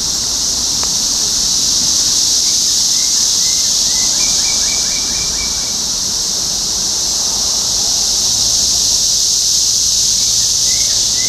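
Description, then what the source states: Continuous shrill cicada drone, with a faint bird calling in a quick series of chirps and a brief click early on. Topeka, Kansas, 14 June 2015.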